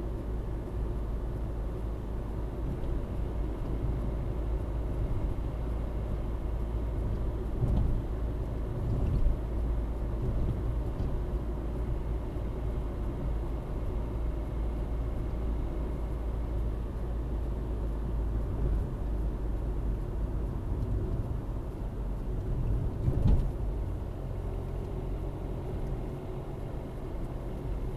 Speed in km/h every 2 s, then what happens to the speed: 56, 58, 58, 58, 59, 58, 58, 58, 57, 53, 49, 46, 48, 50.
0-15 steady at about 58. 15-22 slows to 46. 22-28 steady at about 48.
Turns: none.